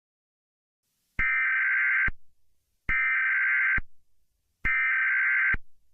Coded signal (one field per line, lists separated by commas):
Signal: Emergency Alert System (SAME) tones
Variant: header bursts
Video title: Eas Scenario 008 - The End of The World